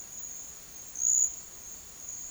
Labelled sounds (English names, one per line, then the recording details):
none
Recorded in dense forest near Puerto Asís, Putumayo, Colombia, on 23 June 2025 at 10:30
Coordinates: 0.468, -76.322
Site GP03